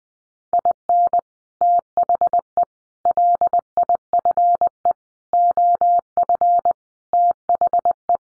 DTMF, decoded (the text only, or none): none